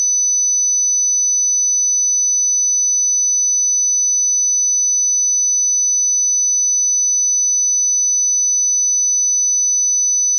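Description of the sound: A steady, high-pitched ringing of several layered pure tones holds unchanged for about ten seconds, with no other sound. It is a designed tonal sound-effect simulation of tinnitus, the phantom ringing heard in the ears.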